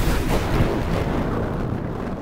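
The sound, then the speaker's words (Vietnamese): A deep, rolling thunderclap rumbles loudly and steadily, sustained low booming with a rough crackling texture that slowly eases off over a couple of seconds. No voices are present. “Bà cụ vội vàng vùng dậy, đang tính chạy ra ngoài, thì bỗng dưng một tiếng sấm rền vang trên bầu trời.”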